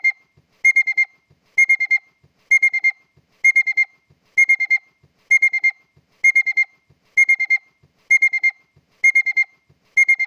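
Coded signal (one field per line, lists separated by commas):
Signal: alarm pattern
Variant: Honda car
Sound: rapid bursts of four short high beeps repeating about once a second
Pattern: 4 short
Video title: honda car alarn ignition/alarm beeps sound effect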